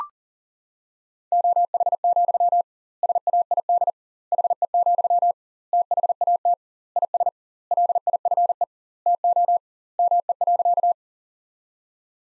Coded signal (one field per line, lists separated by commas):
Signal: Morse code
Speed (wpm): 37 wpm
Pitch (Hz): 700 Hz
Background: none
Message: OH, SAID HE, THAT IS LIFE TO ME.